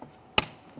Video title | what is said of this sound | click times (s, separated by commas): How to Replace Rear Interior Door Handles 2015-2019 Subaru Outback | Listen for an audible click, and we'll give it a tug. | 0.4 s